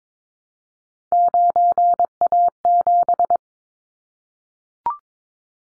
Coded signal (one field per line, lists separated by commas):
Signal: Morse code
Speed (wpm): 22 wpm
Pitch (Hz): 700 Hz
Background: none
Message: 9A7